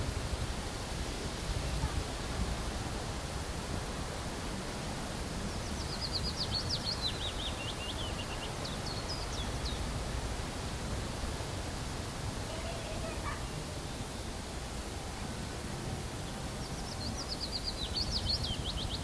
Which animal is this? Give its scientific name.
Phylloscopus trochilus